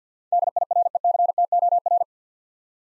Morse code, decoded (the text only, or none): DIRECTOR